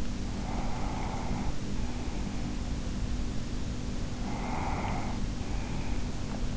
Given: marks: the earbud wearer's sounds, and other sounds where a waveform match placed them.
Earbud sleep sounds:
sounds in sleep by an in-ear microphone; breath
0.11-2.60 s: breath
4.15-6.57 s: breath

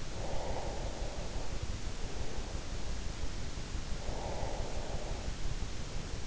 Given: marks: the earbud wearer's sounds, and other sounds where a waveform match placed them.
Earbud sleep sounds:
sounds in sleep by an in-ear microphone; breath
0.00-2.10 s: breath
3.94-5.46 s: breath

